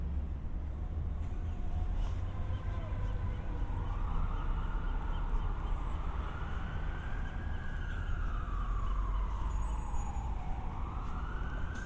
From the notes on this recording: A binaural recording of a walk from the San Diego County Admin Building to my apartment in Golden Hill